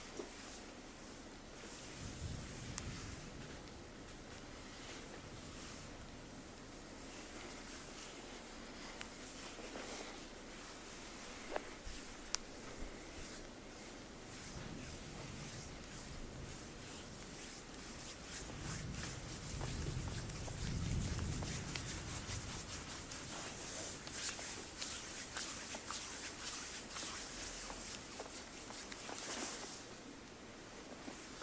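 A full body massage: steady rubbing and swishing with scattered soft taps and clicks, swelling louder and deeper around twenty seconds.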